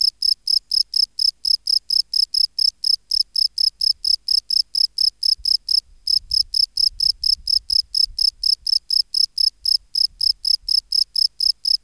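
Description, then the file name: Field cricket song: loud, shrill chirps repeated at a fast pace, with a brief pause near six seconds. "Gryllus campestris"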